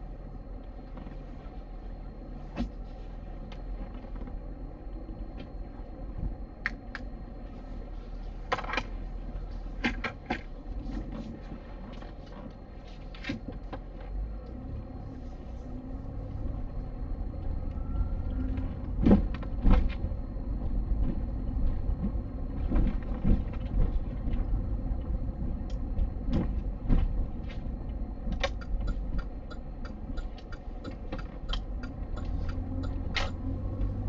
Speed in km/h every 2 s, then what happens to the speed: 0, 3, 3, 0, 0, 0, 0, 10, 15, 16, 18, 20, 17, 12, 7, 12, 20.
0-12 standing. 12-21 pulls away to 20. 21-29 slows to 7. 29-34 speeds up to 20.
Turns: 27-34.